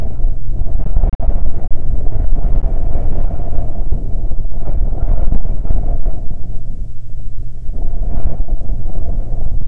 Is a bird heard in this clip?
no